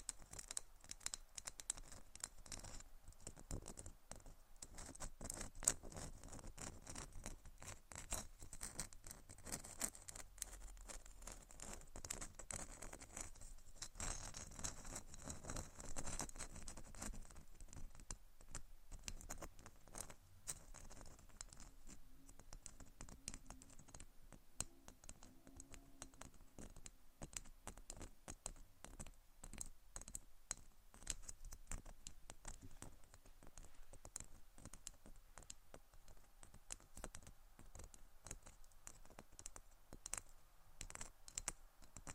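Rapid tapping and scratching run steadily for the whole time, a dense patter of small clicky strikes much like typing on a keyboard. The sounds are crisp and bright, with no pauses, and a soft scraping texture sits underneath the taps.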